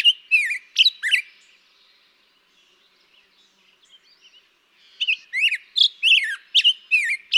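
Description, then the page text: Black-headed grosbeak song: a burst of sweet, slurred warbling notes, a pause of several seconds, then a longer run of rich rising and falling phrases. Daytime singing, May 17, 2016, on Mt. Graham, Arizona. "Black-headed Grosbeak. Daytime singing, example 2. May 17, 2016. Mt. Graham, Arizona"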